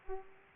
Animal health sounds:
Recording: mosquito wingbeat signal from an infrared sensor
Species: Aedes aegypti

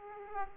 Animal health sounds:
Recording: mosquito wingbeat signal from an infrared sensor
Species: Aedes aegypti

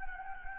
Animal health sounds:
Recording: mosquito wingbeat signal from an infrared sensor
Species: Anopheles gambiae

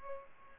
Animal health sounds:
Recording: mosquito wingbeat signal from an infrared sensor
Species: Culex pipiens

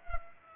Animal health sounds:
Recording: mosquito wingbeat signal from an infrared sensor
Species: Culex pipiens

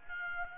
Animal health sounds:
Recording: mosquito wingbeat signal from an infrared sensor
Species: Aedes albopictus

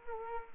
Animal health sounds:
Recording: mosquito wingbeat signal from an infrared sensor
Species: Culex quinquefasciatus

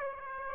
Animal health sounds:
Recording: mosquito wingbeat signal from an infrared sensor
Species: Aedes aegypti

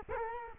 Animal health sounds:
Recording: mosquito wingbeat signal from an infrared sensor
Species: Culex quinquefasciatus

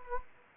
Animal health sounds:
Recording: mosquito wingbeat signal from an infrared sensor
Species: Anopheles gambiae

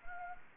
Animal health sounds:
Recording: mosquito wingbeat signal from an infrared sensor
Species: Anopheles gambiae

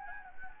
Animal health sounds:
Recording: mosquito wingbeat signal from an infrared sensor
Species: Anopheles gambiae

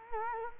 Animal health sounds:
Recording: mosquito wingbeat signal from an infrared sensor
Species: Culex quinquefasciatus

